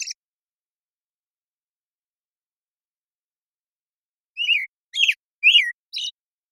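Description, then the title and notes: American Robin song: a brief phrase cut off at the start, long silence, then four warbled, up-and-down whistled phrases near the end. Morning song in a very long sequence, from the Pacific Northwest, Washington, United States; parabolic recording processed clean for clarity with natural pacing and rhythm kept. "BIRDSong Thrushes And Allies - American Robin Morning Song. American Robin, Turdus migratorius, morning song. Recorded in the beautiful Pacific Northwest, Washington, United States"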